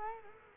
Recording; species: mosquito wingbeat signal from an infrared sensor; Culex quinquefasciatus